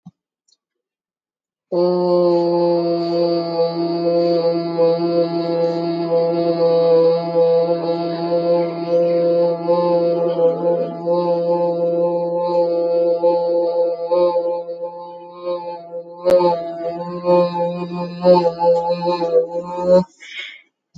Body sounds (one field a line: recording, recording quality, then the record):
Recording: sustained vowel as in boot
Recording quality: excellent, no background noise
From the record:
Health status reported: healthy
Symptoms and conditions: none ticked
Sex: female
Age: 23 years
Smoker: not ticked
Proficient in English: yes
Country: India